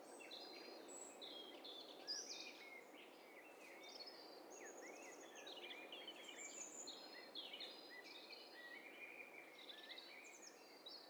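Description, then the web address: Birds in a busy chorus, many overlapping high chirps, twitters and short slurred notes running throughout, with constant background hiss. Several birds calling at once. "Hi Fi STEREO BIRD COCKTAIL PARTY Challenge"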